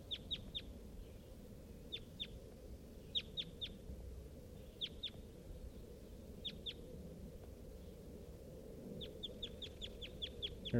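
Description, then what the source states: Crossbill giving sharp high chip notes in twos and threes, then a longer, faster run of chips near the end, over a constant low rumble. Wild crossbill calling close by near a net site on a hilltop, around 9:35 a.m.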